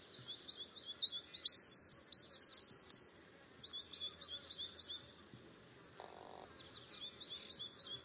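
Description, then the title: White-naped xenopsaris song, a high thin phrase of sharp notes running into a rising, wavering whistled trill, followed by softer, fainter twittering phrases. "LuckyPassaro Completos2Sama. White-naped Xenopsaris (Xenopsaris albinucha)"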